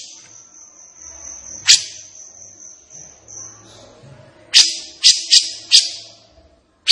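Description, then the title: Grey-cheeked bulbul song: a single harsh note during a steady high whine, then a run of four rasping bursts and another at the end. Singing energetically and persistently (gacor), agitated (emosi), as a tutoring track (masteran) for training caged birds. "Cucak Jenggot Gacor. Cucak Jenggot Emosi Untuk Masteran"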